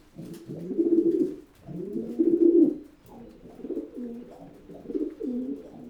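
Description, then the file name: Pigeon cooing, two loud swelling throaty coos followed by softer rolling coos, low and muffled. "holub"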